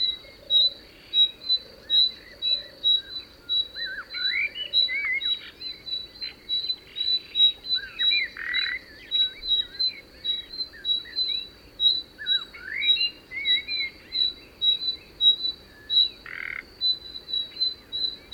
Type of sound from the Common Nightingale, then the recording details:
call. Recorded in the wild. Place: Dumbraveni, Transilvania, RO. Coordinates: 46.23, 24.575. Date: 1976-06-05 18:14. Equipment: Nagra III BH, Sennheiser MD 21, parabola. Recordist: Schubert, Michael. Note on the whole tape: Nachtigall, warnendes Paar